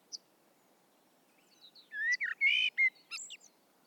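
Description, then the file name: Common blackbird singing: a faint high note, then after a pause a rich whistled warble breaking into thin, scratchy high twittering notes near the end. "Turdus merula"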